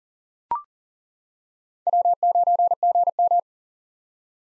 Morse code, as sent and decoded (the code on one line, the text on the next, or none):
.-- ----. --. --
W9GM